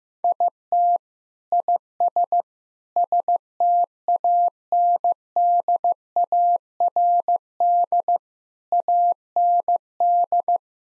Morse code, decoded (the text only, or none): IT IS STANDARD AND